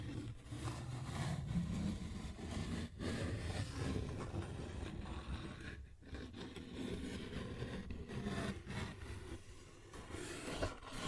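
A paper bag is scratched and rubbed in a nearly unbroken, dense crackle with a heavy low rumble underneath. The rustling keeps a steady level, broken by brief pauses near three, six, eight and ten and a half seconds.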